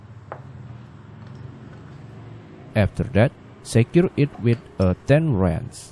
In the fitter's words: pressione levemente o pistão e gire o parafuso até travar